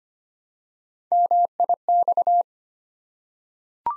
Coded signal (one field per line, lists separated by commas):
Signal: Morse code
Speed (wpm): 25 wpm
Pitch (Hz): 700 Hz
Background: none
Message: MIX